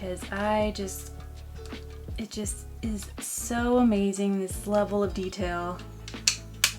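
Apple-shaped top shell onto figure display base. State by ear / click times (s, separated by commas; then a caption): seated / 6.3 s, 6.6 s. Over background music, someone talks while pressing the plastic top half of an apple-shaped display shell back onto a figure display base. Two sharp clicks at 6.3 s and 6.6 s mark the lid snapping home, fully seated.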